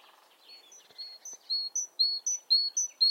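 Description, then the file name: Great tit singing bright two-note phrases, a high brief note dropping to a lower sustained one, repeated rhythmically several times after a few softer chirps at the start. "Parus major"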